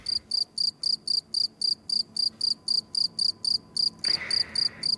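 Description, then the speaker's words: Field cricket song: regular shrill chirps, about three or four per second, steady throughout, with a brief hiss of noise near the end. Males singing in the Netherlands around this time of year; often heard in many places but hard to see. "Rond deze tijd van het jaar kun je de zang van mannetjes goed horen, maar ze vinden, nou, dat is echt andere koek."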